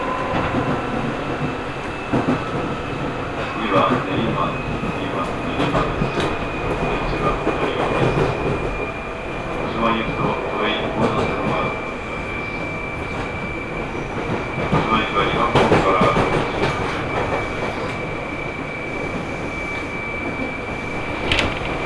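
A Seibu Ikebukuro Line local train runs from Ikebukuro toward Kiyose, with a continuous rumbling roar underneath and a steady high whine along the top. Clattering knocks from the wheels come through at intervals, growing louder around 4, 8 and 15–16 seconds.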